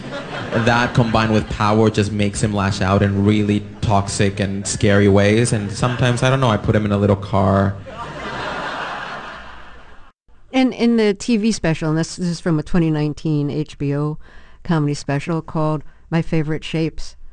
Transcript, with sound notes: that combined with power just makes him lash out in really toxic and scary ways. And sometimes, I don't know, I put him in a little car.
(LAUGHTER)
And in the TV special - and this is from a 2019 HBO comedy special called "My Favorite Shapes"